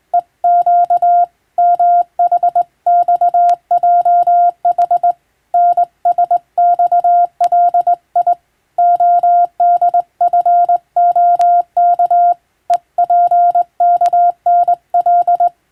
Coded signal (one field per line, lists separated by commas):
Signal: Morse code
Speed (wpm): 20 wpm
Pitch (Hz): 700 Hz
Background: none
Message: EQ MHXJH NSXLI ODFOK EPKNL